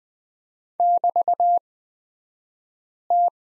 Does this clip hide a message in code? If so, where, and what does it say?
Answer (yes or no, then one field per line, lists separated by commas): yes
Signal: Morse code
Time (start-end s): 0.8-3.3 s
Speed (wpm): 20 wpm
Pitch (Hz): 700 Hz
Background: none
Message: <BT>T